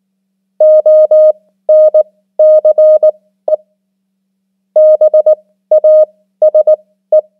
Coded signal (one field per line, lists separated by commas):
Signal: Morse code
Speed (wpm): 19 wpm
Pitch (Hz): 620 Hz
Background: none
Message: ONCE BASE